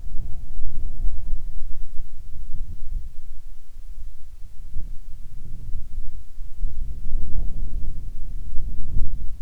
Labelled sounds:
wind
insects
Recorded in the Arctic National Wildlife Refuge, Alaska, on 7 July 2019 at 18:49
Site 41

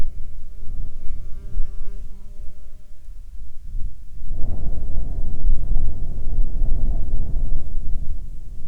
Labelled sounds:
wind
insects
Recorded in the Prudhoe Bay oil fields, Alaska, on 9 July 2019 at 14:00
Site 13

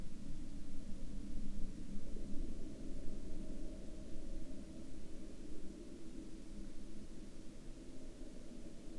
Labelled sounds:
aircraft
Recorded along the Dalton Highway, Alaska, on 17 October 2019 at 08:00
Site 09

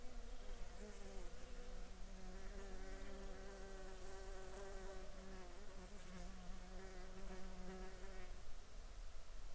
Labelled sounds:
insects
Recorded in the Arctic National Wildlife Refuge, Alaska, on 7 July 2019 at 23:13
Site 38

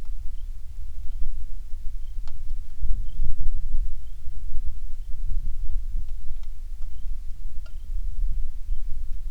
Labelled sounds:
songbird
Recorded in the Prudhoe Bay oil fields, Alaska, on 27 July 2019 at 18:40
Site 19

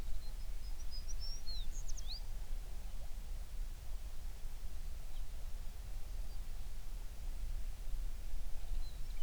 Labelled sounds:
songbird
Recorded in the Prudhoe Bay oil fields, Alaska, on 11 June 2019 at 04:35
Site 21

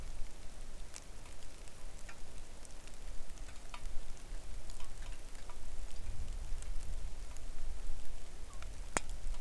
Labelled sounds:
wind
rain
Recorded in the Arctic National Wildlife Refuge, Alaska, on 3 August 2019 at 09:42
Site 41

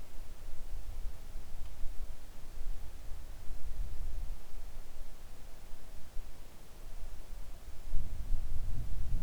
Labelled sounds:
wind
rain
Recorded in the Arctic National Wildlife Refuge, Alaska, on 3 August 2019 at 10:21
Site 41

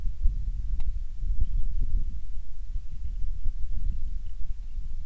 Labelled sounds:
songbird
wind
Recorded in the Prudhoe Bay oil fields, Alaska, on 27 July 2019 at 18:51
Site 19

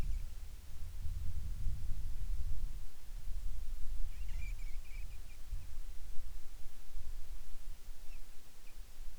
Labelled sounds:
bird
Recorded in the Arctic National Wildlife Refuge, Alaska, on 10 July 2019 at 18:35
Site 44

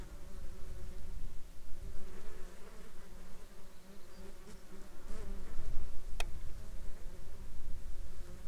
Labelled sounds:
insects
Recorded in the Arctic National Wildlife Refuge, Alaska, on 17 July 2021 at 11:31
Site 33

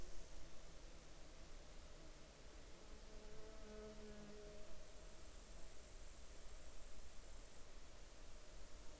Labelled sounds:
insects
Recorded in Ivvavik National Park, Yukon, on 8 July 2019 at 11:07
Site AR04

